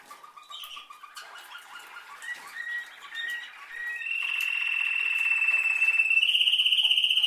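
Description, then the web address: Canary song: soft chattering notes, then a series of short repeated whistles, building into long, loud, sustained rolling trills that step up in pitch at the end. "Golchin Best Canari Seda Canari. Niyaz Music)"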